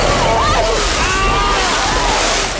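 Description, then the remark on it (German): Heavy water surges and splashes in a loud, continuous rush as a great white shark bursts out of the sea over the bow of a launch, with faint voice-like wavering tones over the churning spray. “Er versuchte sich zu erinnern, wo der Ausschaltknopf war, aber bevor es ihm wieder einfiel, schoss ein Hai aus dem Wasser und fraß ihn.”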